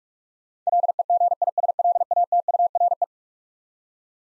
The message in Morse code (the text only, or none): LEGISLATURE